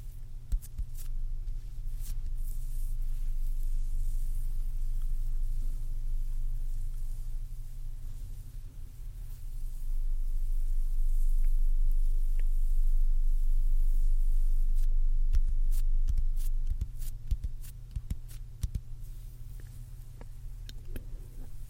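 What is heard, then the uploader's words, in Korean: Lip balm sounds: soft, moist clicks and smacks scattered through, thickest in the middle and again near the end. A steady low hum sits underneath, and the delicate sounds stay bright. ASMR : 촉촉한 소리 가득 담아봤습니다. 립밤 소리만의 그 촉촉한 느낌도 잘 담아보려고 했는데.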